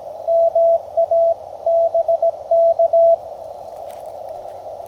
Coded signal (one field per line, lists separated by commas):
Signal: Morse code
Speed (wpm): 18 wpm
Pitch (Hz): 670 Hz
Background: none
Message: MA BK